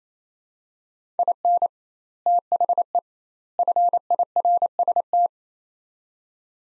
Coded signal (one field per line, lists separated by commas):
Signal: Morse code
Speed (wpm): 27 wpm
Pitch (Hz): 700 Hz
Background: none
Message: IN THE FIRST